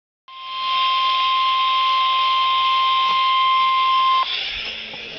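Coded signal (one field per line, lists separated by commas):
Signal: Emergency Alert System (SAME) tones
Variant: 1050 Hz attention tone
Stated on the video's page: Real EAS Severe Thunderstorm Warning tones.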